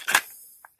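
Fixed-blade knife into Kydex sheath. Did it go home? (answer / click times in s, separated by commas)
no / none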